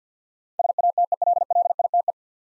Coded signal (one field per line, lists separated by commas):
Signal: Morse code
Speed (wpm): 47 wpm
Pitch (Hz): 700 Hz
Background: none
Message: SATELLITE